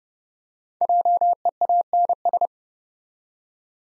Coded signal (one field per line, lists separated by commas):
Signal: Morse code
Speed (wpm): 30 wpm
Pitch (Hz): 700 Hz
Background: none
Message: JEANS